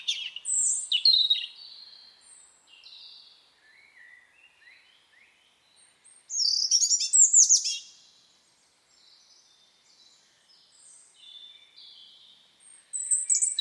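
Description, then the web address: Bird song in separate bouts: a varied twittering phrase, scattered quieter notes, a loud, rapid, chattering burst midway, and another phrase at the close. "cianscape birddata Deverinetal 2025 File origin Bird Only"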